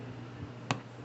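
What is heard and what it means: A white plastic keeper is pushed by hand onto a carburetor fitting, over the O-ring, on a Briggs and Stratton 625 EX engine of a Troy-Bilt TB200 mower to give a good seal. Over a steady low background hum, a single sharp click sounds at 0.7 s. The keeper seats in place.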